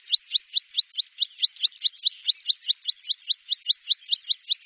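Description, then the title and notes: Bird calling: a steady, rapid run of sharp downward-slurred chirps, high and evenly spaced throughout. "Bird Sound. Kicau Burung Lengkap"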